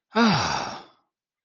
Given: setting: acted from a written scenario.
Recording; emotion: vocal sound without words; relief